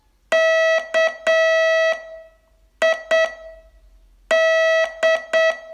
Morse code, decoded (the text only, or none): KID